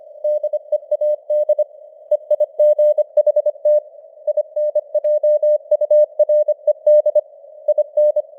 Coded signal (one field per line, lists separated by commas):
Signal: Morse code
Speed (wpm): 25 wpm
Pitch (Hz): 600 Hz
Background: none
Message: DEAD EIGHT INJURED IN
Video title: Morse Code News | 2025-09-29 | 25wpm